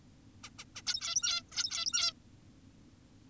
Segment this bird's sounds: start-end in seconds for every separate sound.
0.44-0.50, 0.59-0.64, 0.76-0.82, 0.87-1.42, 1.52-2.13